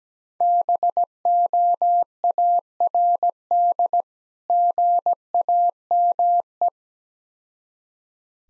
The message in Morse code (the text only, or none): BOARD GAME